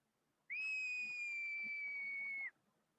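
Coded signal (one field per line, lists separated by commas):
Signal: whistled language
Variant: Turkish kuş dili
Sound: a single loud, piercing two-second whistle, slightly falling in pitch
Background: quiet outdoor background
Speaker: Biraz daha uzağa gittin dersen büyük parmağınla yaparsın.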